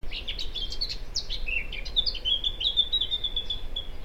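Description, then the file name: Eurasian blackcap singing a fast, scratchy warble of varied high notes, then a run of short, clear repeated notes on a steady pitch, over a low background rumble. "Sylvia atricapilla"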